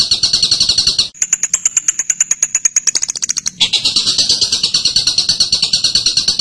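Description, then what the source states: Songbird song: a high buzzy trill, then a fast ticking series topped by a thin whistle, then the dense buzzy trill returns until the end. Birdsong used to train songbirds.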